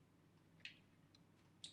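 An Allen key is worked into a hard-to-reach metal socket head screw inside a Voron 2.4 350mm 3D printer frame while trying to get it out. Sharp metallic ticks sound at about 0.7 s and 1.6 s, with a faint tick near 1.2 s, over a low steady hum. At 1.6 s the key slips in the socket head, stripping the screw beyond recognition.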